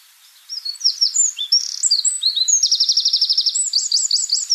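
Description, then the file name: Eurasian wren delivering a rapid, high-pitched song of ringing notes and a long, fast trill, continuing to the end. "Troglodytes troglodytes"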